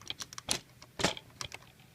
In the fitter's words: There you go, you kind of heard it snap. Alright, so now it's clipped together.